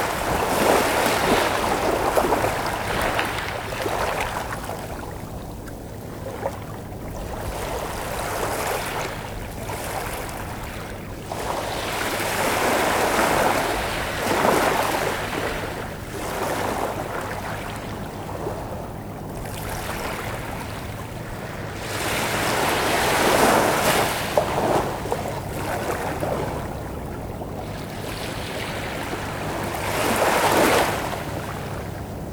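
Waves wash onto a beach in steady surges every few seconds, each swelling and hissing away, over a faint low engine-like hum.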